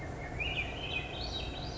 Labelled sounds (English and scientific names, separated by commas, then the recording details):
Swainson's Thrush (Catharus ustulatus)
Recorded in Sonoma County, California